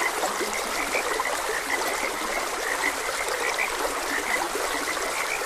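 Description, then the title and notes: Frogs croaking in quick overlapping bursts over a trickling stream. Frogs croaking beside a gentle stream; nature ambience for rest, meditation and sleep. "Gentle Stream and Frogs Croaking. Sleep and Relaxation Podcast"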